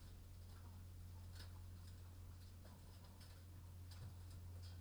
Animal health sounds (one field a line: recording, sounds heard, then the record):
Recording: poultry house recording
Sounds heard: sick chickens (respiratory disease)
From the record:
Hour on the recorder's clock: 22